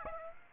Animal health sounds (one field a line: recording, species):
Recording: mosquito wingbeat signal from an infrared sensor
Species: Aedes aegypti